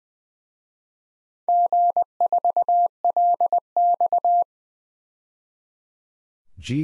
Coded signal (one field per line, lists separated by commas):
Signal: Morse code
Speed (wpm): 21 wpm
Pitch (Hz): 700 Hz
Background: none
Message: G4LX